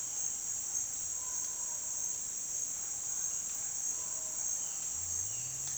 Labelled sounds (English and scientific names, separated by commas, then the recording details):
none
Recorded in dense forest near Puerto Asís, Putumayo, Colombia, on 29 June 2025 at 09:00
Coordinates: 0.466, -76.327
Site GP04